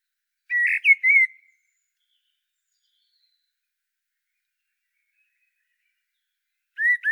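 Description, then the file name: Common blackbird song: one warbled fluted phrase, a long silence, then the start of another phrase cut off at the end. "Turdus merula"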